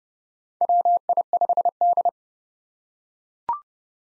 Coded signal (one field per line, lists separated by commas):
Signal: Morse code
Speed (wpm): 30 wpm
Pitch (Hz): 700 Hz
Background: none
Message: WI5D